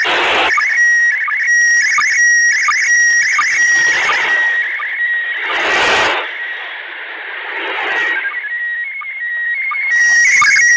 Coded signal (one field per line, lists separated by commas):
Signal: SSTV (slow-scan television)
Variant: PD 90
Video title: VR SSTV HARI PAHLAWAN YH8QAS RSI SULUT, 11 NOVEMBER 2023 UTC 8:37 gird location OI52eg